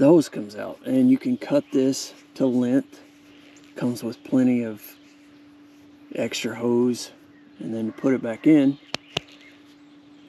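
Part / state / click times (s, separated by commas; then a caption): misting hose into push-in fitting / seated / 9.0 s, 9.2 s. Someone talks while the cut end of a plastic misting hose is pushed back into a plastic push-in fitting, with a steady low hum underneath. Two sharp clicks at 9.0 s and 9.2 s mark the hose popping into the fitting, where it is seated and holds together well.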